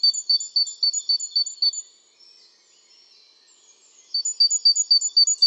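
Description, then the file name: Great tit calls: a run of bright, regular high notes, a short pause with faint twitter, then the series resumes. "Parus major"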